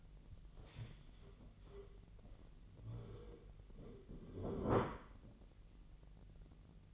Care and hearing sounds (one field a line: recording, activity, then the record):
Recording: daily activity, microphone in the room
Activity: stand up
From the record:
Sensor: 4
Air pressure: 1002.5 hPa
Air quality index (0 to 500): 249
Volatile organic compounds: 38 ppm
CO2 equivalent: 3118 ppm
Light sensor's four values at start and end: 11/25/10/10 and 11/26/10/10